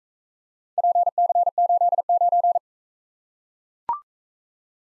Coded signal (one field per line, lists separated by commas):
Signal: Morse code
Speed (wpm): 40 wpm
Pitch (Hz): 700 Hz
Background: none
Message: PC89